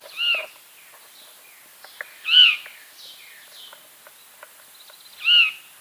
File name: Catharus fuscescens - Veery